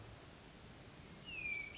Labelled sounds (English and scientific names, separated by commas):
Hermit Thrush (Catharus guttatus)